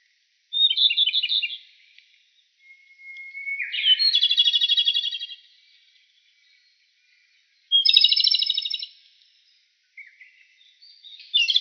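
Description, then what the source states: Japanese robin song, a long flat whistle leading into a loud rapid trill, phrases repeating with pauses of a couple of seconds. Recorded 11 April 2018.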